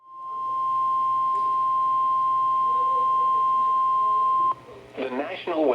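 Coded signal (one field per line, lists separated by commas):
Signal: Emergency Alert System (SAME) tones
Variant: 1050 Hz attention tone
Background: speech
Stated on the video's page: NOAA weather radio KEC55 severe thunderstorm warning.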